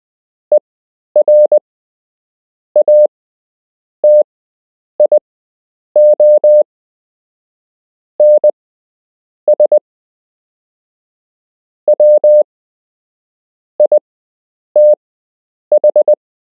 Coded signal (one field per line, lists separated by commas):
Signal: Morse code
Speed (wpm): 20 wpm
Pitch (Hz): 600 Hz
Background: none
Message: ERATIONS WITH